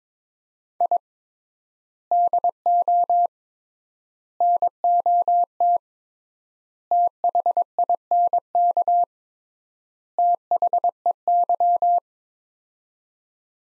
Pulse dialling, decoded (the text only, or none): none